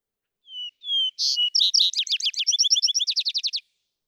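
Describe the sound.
Vesper sparrow song opens with two clear, falling whistles, followed by a quick, twittering cascade of trills.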